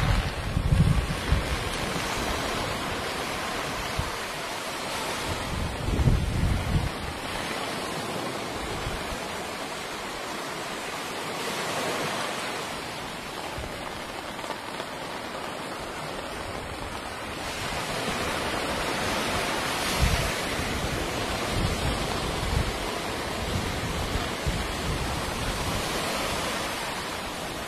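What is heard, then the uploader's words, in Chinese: Rain by the sea in the early morning: a dense, steady hiss of rain fills the clip, with low rumbling swells of surf rising and falling, strongest near the start, around six seconds and near twenty seconds. The waves sound soft. 清晨雨中听海。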